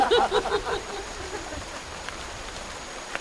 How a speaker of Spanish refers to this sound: ¡Además llueve! La Pachamama está contenta.